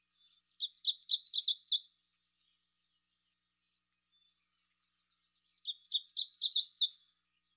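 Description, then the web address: Yellow warbler singing twice, each song a fast series of high, sweet slurred notes with an accented ending, separated by about three and a half seconds of silence. Eastern North America. "Dan Gibson Wildlife Identification By Sound, Eastern North America Pt 2. Yellow Warbler"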